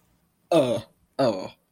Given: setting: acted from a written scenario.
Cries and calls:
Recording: vocal sound without words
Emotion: disgust

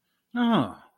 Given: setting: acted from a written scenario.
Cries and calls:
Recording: vocal sound without words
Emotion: realization

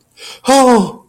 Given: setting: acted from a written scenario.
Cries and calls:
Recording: vocal sound without words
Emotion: distress

